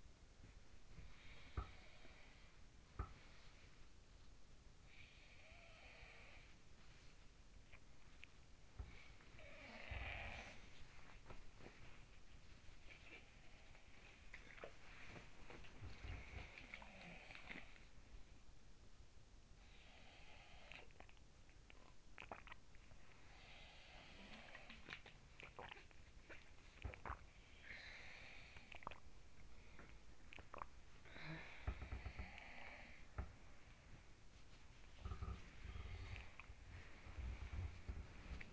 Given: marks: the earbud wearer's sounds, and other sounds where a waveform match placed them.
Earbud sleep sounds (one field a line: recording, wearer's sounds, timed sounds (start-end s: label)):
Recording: sounds in sleep by an in-ear microphone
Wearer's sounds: body movement, swallowing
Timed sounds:
0.00-3.29 s: body movement
0.96-3.88 s: sound from someone else or the room
4.80-7.41 s: sound from someone else or the room
7.70-8.37 s: sound from someone else or the room
8.60-38.53 s: body movement
8.96-10.88 s: sound from someone else or the room
15.82-18.01 s: sound from someone else or the room
19.10-21.60 s: sound from someone else or the room
21.96-22.73 s: swallowing
23.06-25.56 s: sound from someone else or the room
25.11-27.47 s: swallowing
28.32-29.34 s: swallowing
29.99-30.91 s: swallowing
30.91-33.65 s: sound from someone else or the room
34.75-37.85 s: sound from someone else or the room